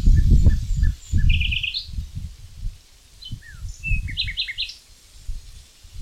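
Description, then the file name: Common nightingale song with quick repeated note groups, a short slurred whistle and a triple-note burst, accompanied by low rumbling noise. "Luscinia megarhynchos"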